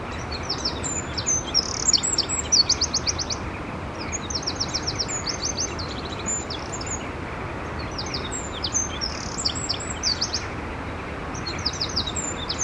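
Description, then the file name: Eurasian wren giving bursts of high, rapid song with quick trills, phrases separated by short pauses, over continuous low background noise. "Troglodytes troglodytes"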